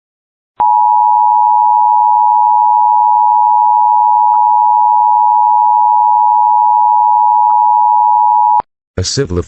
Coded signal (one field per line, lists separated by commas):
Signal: Emergency Alert System (SAME) tones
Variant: 853 and 960 Hz attention tone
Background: speech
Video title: EAS recreation: Don’t drive on Kansas roads